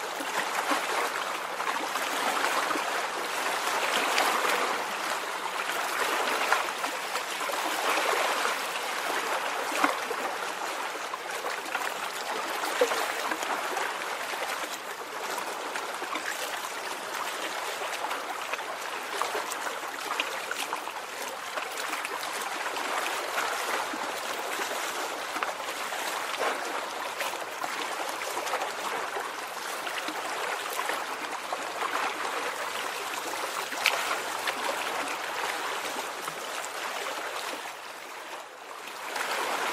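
A river laps and splashes continuously, with a dense, hissy wash of water filling the mids and highs. Small splashes and gurgles flicker constantly without pause, keeping an even level throughout, while a faint low hum sits underneath.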